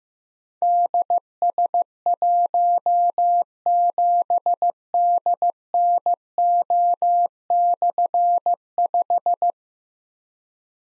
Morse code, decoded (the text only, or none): DS17DNO/5